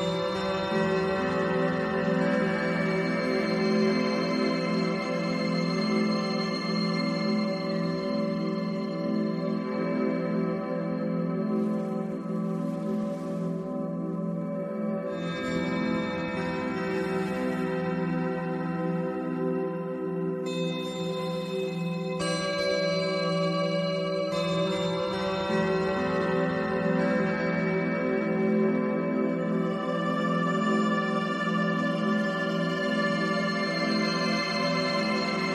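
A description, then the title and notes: Crystal singing bowls ring in a sustained, layered drone, with many steady tones stacked from low to high and a strong warm center in the low middle. The sound holds at an even level throughout, with slow swells and shimmering high overtones coming and going. Music of Healing Bowls. The music of crystal singing bowls.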